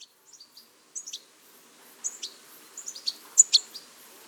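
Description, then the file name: European goldfinch giving scattered short, high chirps and thin twittering notes, sparse at first and then a little more frequent. "Carduelis carduelis"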